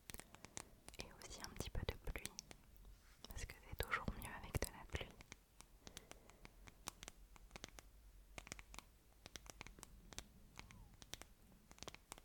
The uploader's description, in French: tapping, brushing, chuchotements, et autres